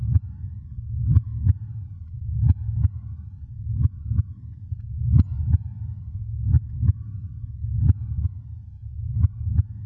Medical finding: Heartbeat.